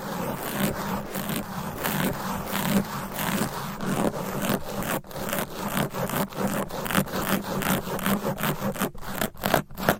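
Fast, aggressive scratching on a microphone, a dense run of rough rubbing strokes with a steady low hum and sharp breaks near the end.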